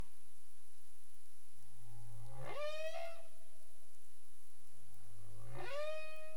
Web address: CARIMAM clean data humpback whale 20350427 222931 UTC